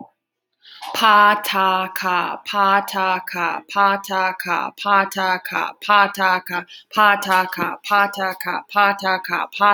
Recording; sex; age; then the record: repeated syllables /pa ta ka/; female; 20 to 29 years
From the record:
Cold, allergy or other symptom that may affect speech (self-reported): no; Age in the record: 28 years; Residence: Minnesota, United States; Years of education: 18